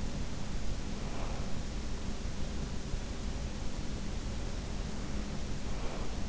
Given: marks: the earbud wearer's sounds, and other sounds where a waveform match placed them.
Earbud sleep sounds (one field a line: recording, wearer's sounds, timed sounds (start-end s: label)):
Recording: sounds in sleep by an in-ear microphone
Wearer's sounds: breath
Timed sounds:
0.90-1.55 s: breath
5.65-6.29 s: breath